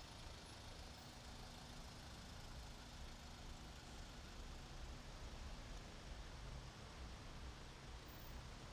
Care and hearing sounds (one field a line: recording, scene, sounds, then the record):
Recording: everyday scene through a hearing-aid microphone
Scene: in traffic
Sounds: traffic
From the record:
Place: main road on the outskirts, rush hour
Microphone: in the ear canal, right